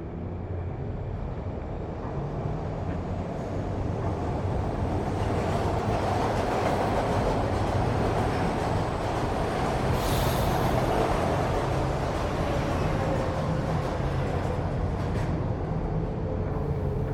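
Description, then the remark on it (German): A subway train pulls away from a station after its doors close, its low rumble building into a steady, continuous roar with rhythmic rail clatter and a brief high hiss midway. “Also steige ich widerwillig in den Zug. Die Türen schließen sich. Der Zug fährt an.”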